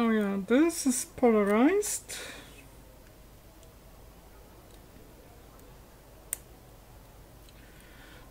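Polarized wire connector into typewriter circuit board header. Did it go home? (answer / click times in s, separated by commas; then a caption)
yes / 6.3 s. Someone talks briefly, then after a quiet stretch a polarized wire connector is pushed into its header on a Wheelwriter typewriter circuit board. It gives one sharp click at 6.3 seconds as it seats in place.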